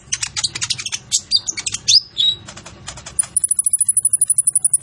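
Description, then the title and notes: Kolibri Ninja song: jumbled high chirps and a couple of slurred whistles, ending in a fast, steady series of very high ticking notes. Masteran training recording for teaching songbirds; full fill-ins and 'tembakan' phrases, described as gacor (singing actively), suitable as a lure. "MASTERAN KOLIBRI NINJA TERBAIK FULL ISIAN DAN TEMBAKAN MEWAH COCOK BUAT PANCINGAN. Suara Burung Kolibri Ninja Gacor"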